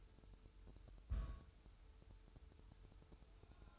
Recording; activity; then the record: daily activity, microphone in the room; place on stove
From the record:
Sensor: 2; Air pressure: 988.2 hPa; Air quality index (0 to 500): 191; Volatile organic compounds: 186 ppm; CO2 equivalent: 4164 ppm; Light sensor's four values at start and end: 21/71/28/26 and 21/71/28/26